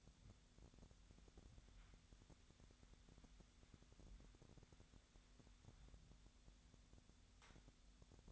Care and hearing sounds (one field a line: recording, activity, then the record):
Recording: daily activity, microphone in the room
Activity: wipe stove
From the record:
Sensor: 3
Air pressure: 1007.0 hPa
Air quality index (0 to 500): 204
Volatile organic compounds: 18 ppm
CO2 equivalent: 2616 ppm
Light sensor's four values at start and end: 12/28/12/11 and 12/28/12/11